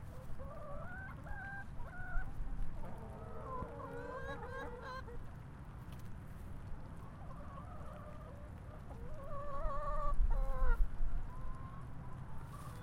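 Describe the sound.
Chickens calling, with scattered nasal squawks and wavering clucks in short bursts over a constant low rumble.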